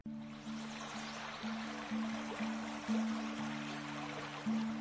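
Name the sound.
flowing river water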